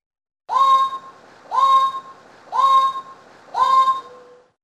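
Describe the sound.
Red bird-of-paradise calling with four loud notes, each rising then held, at roughly one-second intervals.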